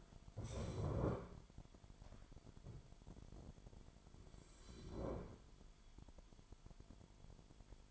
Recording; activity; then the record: daily activity, microphone in the room; stand up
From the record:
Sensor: 5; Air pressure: 998.6 hPa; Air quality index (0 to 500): 88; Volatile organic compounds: 2 ppm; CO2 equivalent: 1005 ppm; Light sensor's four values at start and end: 33/79/33/36 and 32/78/32/36